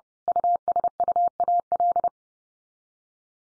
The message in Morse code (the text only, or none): USUAL